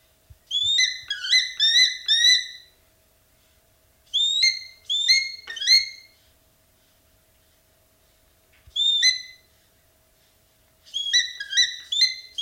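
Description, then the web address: Black-and-white hawk-eagle uttering clusters of bright whistled notes, each cluster separated by one to three seconds of quiet. Eastern lowlands of South America. "Natures Songs S America Eastern Lowlands. Black-and-white Hawk-Eagle"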